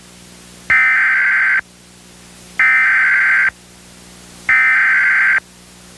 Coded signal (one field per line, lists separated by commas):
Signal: Emergency Alert System (SAME) tones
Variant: header bursts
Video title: (VALID TONES) EAS Recreation Mock - Pennington County 911 Failure (August 3, 2006)